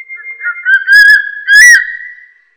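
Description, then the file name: Crested serpent eagle's whistled call, a quavering note rising into two strong ringing whistles, the second stretched out and slowly fading. "大冠鷲"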